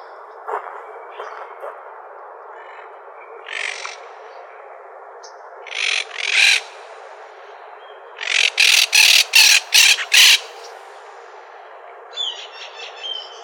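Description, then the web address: Monk parakeet calls: scattered harsh notes, then a rapid run of six loud grating squawks, followed by a softer call at the close. "Parrots MONK PARAKEET deviche"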